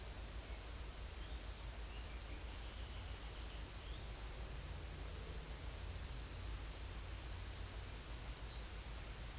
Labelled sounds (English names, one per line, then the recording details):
none
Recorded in secondary vegetation near Puerto Asís, Putumayo, Colombia, on 22 December 2024 at 13:30
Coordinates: 0.488, -76.319
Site GP04